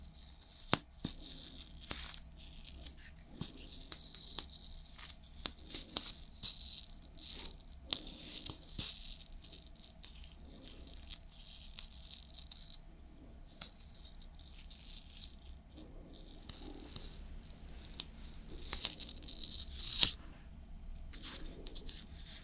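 Makeup is applied slowly, with soft brushing and tapping that come in short, quiet bursts throughout. Small clicks and rattles of containers punctuate it, with a sharper click near the start and another around twenty seconds, over a low steady hum.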